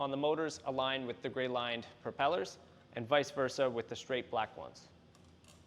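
Someone talks while a plastic propeller is handled at a drone's motor hub, where it is meant to be pushed down and rotated until it locks. Nothing has seated or clicked yet.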